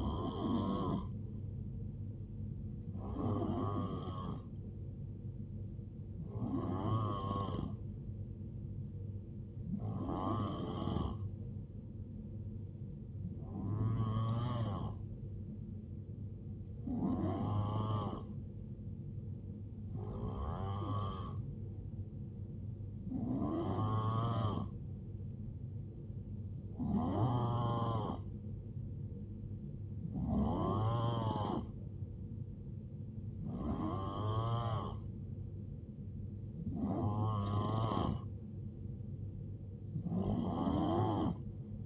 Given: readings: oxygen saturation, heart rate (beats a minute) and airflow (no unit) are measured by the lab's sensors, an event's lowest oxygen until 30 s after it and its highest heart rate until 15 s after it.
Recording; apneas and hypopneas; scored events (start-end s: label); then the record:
breathing in sleep by a smartphone at the bedside; none
none scored
From the record:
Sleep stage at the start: N2 (light sleep); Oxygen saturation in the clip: 90 to 91%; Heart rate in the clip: 63 to 76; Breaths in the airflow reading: 12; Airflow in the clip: -6.2 to 4.5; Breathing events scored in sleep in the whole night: 389 in 6.3 hours asleep